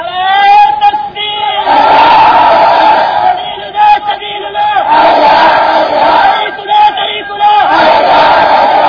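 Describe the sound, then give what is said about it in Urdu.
A large crowd chants slogans in loud, surging unison, voices rising and falling in repeated bursts with brief dips between shouts, sustained throughout without any single speaker standing out. “جہاد بھی قربان ہے، شاید شیر نارے لگو آہستہ آہستہ تاکہ اللہ سن نہ لے.”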